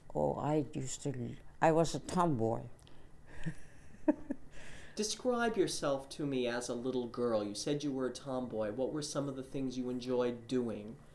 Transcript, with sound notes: Oh, I used to, I was a tomboy. (she laughs)
Describe yourself to me as a little girl. You said you were a tomboy. What were some of the things you enjoyed doing?